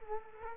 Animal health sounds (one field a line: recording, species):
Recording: mosquito wingbeat signal from an infrared sensor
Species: Culex quinquefasciatus